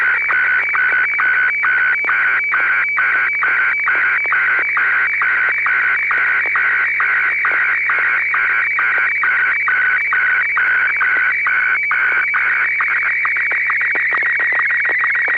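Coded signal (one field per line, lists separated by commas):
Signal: SSTV (slow-scan television)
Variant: PD120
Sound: steady warbling image tones, with regular short chirps and clicks about twice a second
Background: radio static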